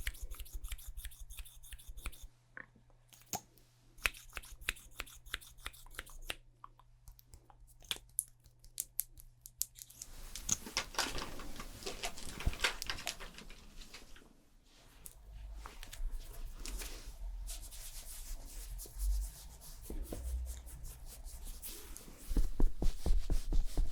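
Fast, busy makeup sounds, with quick taps, clicks and rubbing strokes in dense bursts. For the first ten seconds a low steady hum runs under sparse crisp clicks, then thicker layered scratching and brushing takes over, growing louder and sharper near the end.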